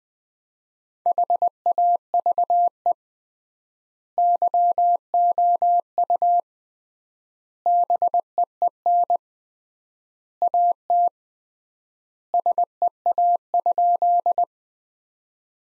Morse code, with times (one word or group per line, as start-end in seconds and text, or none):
1.1-2.9 HAVE
4.2-6.4 YOU
7.7-9.2 BEEN
10.4-11.1 AT
12.3-14.4 SEA?